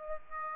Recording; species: mosquito wingbeat signal from an infrared sensor; Aedes aegypti